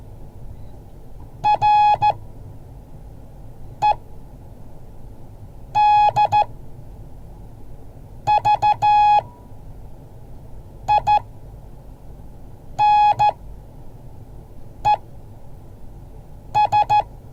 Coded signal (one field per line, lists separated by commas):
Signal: Morse code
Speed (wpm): 14 wpm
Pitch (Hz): 840 Hz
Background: none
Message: REDVINES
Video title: Morse code class 2023-01-20